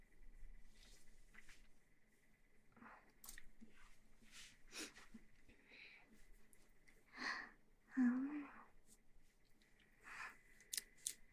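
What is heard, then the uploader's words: Shaking of a water bottle and rubbing of an ear come in short bursts of sloshing and soft scratchy friction, irregular and separated by quiet gaps. The loudest burst falls around eight seconds. A faint steady high whine and a low hum run underneath throughout. ASMR Shaking water bottle & Ear massage.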